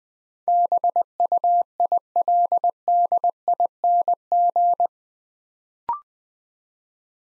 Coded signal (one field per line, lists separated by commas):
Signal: Morse code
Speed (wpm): 20 wpm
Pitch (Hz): 700 Hz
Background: none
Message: BUILDING